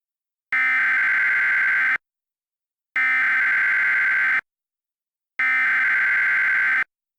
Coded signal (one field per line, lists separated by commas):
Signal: Emergency Alert System (SAME) tones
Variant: header bursts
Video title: EAS Scenario (mini): Out of this world